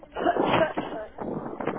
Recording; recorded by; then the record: voluntary cough; telephone call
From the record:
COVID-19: negative